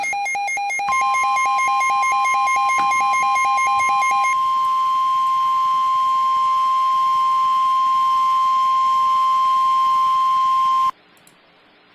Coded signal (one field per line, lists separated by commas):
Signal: Emergency Alert System (SAME) tones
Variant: 1050 Hz attention tone